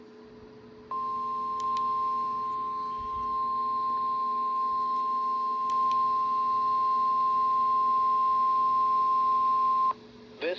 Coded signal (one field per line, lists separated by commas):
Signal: Emergency Alert System (SAME) tones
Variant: 1050 Hz attention tone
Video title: Christmas RWTs | EAS #169-172 | 12/25/24